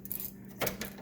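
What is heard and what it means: A winch quick-connect plug is pushed back into its connector on the top plate and seats with a sharp metallic click at 0.1 s, followed by a few lighter clicks and rattles. A low steady hum runs underneath, and the plug is seated.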